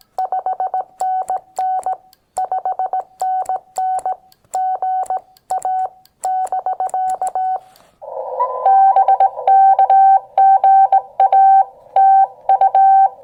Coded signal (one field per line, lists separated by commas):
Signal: Morse code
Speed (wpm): 19 wpm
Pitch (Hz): 750 Hz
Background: none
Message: 5NN 5NN GA <BK> BKGA TU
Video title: MFJ-1898 Telescoping Antenna paired with the Xiegu X6100…The first #POTA field trip!